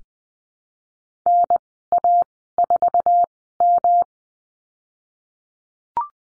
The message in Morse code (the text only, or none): NA4M